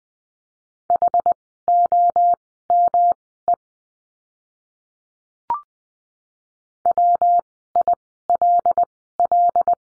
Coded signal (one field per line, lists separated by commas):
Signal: Morse code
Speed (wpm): 20 wpm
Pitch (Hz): 700 Hz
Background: none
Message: HOME WILL